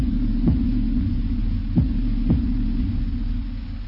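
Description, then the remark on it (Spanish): A heartbeat sound effect in a Radio del Sur station jingle: a few deep, soft thumps at an uneven pace, riding over a steady low droning hum with no voices. “La información, la radio del sur, suenan los latidos de la patria grande.”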